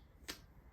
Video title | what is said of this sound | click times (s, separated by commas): I revive a 2006 Harley-Davidson. I replace the fuel pump, chase down idling issues. PART 1 | and locks into place once it's in the gas tank getting it back out that's the uh that's the trouble | 0.3 s